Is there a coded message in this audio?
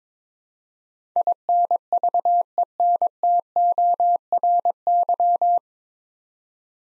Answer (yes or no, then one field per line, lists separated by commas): yes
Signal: Morse code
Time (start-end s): 1.2-5.6 s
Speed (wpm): 22 wpm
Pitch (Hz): 700 Hz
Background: none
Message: INVENTORY